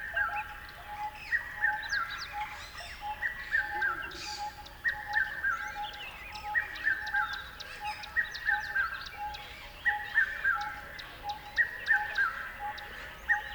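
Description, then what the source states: Bird delivering a regular series of quick three-note phrases sliding downward, over a continuous pulsing tone and frequent sharp high chirps. River at dawn.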